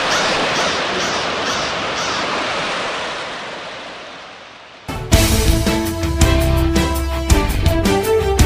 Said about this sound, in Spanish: El sonido azul del mar.